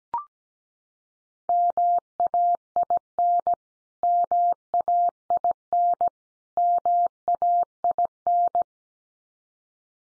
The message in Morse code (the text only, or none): MAIN MAIN MAIN